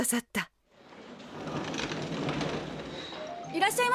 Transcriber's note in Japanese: ラーメン屋の雰囲気